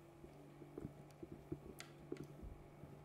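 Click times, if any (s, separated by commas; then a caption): 1.8 s. An SD card is pushed into the card slot of an ICOM IC-705 radio transceiver after being slid in. It clicks and locks in place at 1.8 s with a sharp, bright click. Softer handling taps come before and after over a steady low hum.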